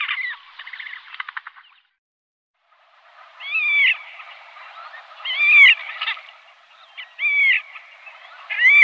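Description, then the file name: Horned grebe starts with a short rapid trill, falls silent, then gives rising-and-falling squealing calls about every two seconds. "Svarthakedopping"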